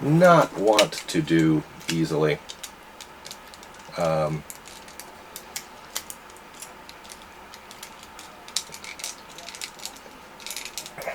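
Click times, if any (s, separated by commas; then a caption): 8.6 s. Someone talks while working a hard plastic model kit limb piece, a knee piece, onto its joint, producing several small plastic clacks. The piece clicks into place at 8.6 s with the sharpest clack, though no peg holds it.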